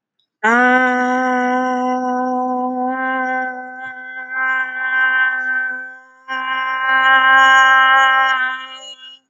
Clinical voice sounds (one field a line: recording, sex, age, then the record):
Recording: vowel held as long as possible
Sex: female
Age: 20 to 29 years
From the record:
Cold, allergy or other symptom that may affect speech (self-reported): no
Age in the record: 29 years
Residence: North Carolina, United States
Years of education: 12